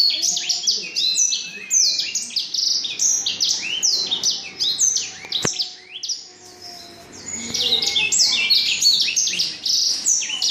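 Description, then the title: Black-throated canary song, long bright warbling strings of high descending sweeps and trills, fading briefly midway before rising again in a fast chatter. Exceptional black-throated canary from Jombang. "Burung blackthroat Istimewa dari Jombang"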